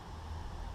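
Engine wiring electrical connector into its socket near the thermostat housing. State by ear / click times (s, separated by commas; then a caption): not seated / none. A plastic electrical connector on the engine wiring of a Vauxhall Zafira is pushed with some force toward its socket near the thermostat housing after a thermostat replacement. Only a steady low rumble with broadband hiss is heard, and nothing has seated or clicked yet.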